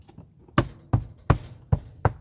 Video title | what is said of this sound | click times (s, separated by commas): Deck Tile Review - Instant Deck/Patio Makeover | snaps in place here | 0.6 s, 1.3 s, 2.1 s